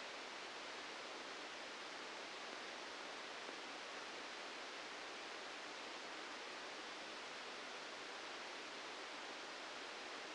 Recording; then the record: brain microelectrode recording played as sound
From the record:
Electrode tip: outside the subthalamic nucleus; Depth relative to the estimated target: -4 mm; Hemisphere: left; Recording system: NeuroSet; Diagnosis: Parkinson's disease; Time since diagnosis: 13 years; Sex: male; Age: 65 years